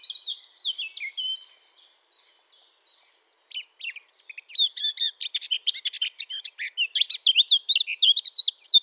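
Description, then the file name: Eurasian blackcap song: a soft, high twittering warble at first, then after a short pause a louder, rapid jumble of varied chattering and scratchy notes. "Sylvia atricapilla"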